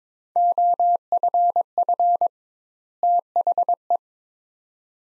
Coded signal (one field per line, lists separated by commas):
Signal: Morse code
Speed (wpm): 22 wpm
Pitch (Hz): 700 Hz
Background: none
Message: OFF THE